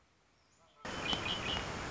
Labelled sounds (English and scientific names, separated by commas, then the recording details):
Red-winged Blackbird (Agelaius phoeniceus)
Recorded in Sonoma County, California